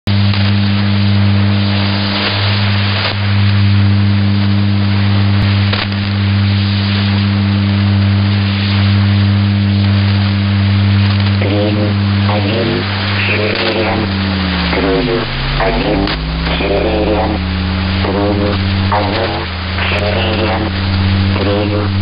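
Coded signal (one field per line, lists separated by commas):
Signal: numbers station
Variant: S06s, Russian language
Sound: hiss and low carrier hum, then short evenly spaced spoken words through static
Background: radio static, carrier hum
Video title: 20 06 2019 S06s Russian Lady numbers station in Russian to Eu 0930 on 9256 unknown tx site USB+AM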